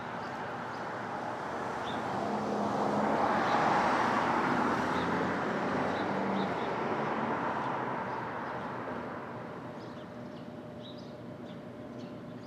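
Street traffic at dawn in Brooklyn, a steady wash of road noise that swells as a vehicle passes around three to six seconds, then eases back. A low engine hum runs underneath, and faint short bird chirps dot the background throughout.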